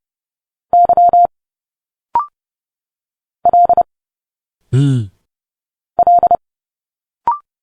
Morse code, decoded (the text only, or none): Y L L